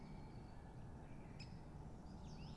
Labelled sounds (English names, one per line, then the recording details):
Great Spotted Woodpecker
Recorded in Germany
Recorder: ecoPi